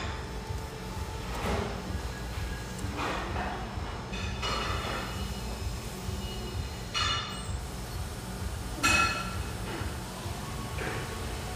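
A steady low hum fills an espresso house, with a thick rumble underneath throughout. Brief brighter clinks and clatters break through every second or two, sharpest near the start, around seven seconds and just before nine, over a faint murmur of voices.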